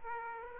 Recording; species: mosquito wingbeat signal from an infrared sensor; Aedes aegypti